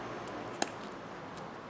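The second steel brake pad hardware clip is set on top of the rear caliper bracket of a 2010 Infiniti EX35 and pushed in, giving one sharp, bright click at 0.6 s over a quiet background hiss. The clip seats in the bracket.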